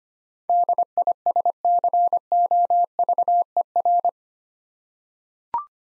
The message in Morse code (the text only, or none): DISCOVER